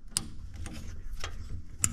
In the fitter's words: there you go you see it Clips in